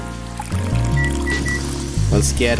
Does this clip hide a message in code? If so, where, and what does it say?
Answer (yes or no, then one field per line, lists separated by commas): no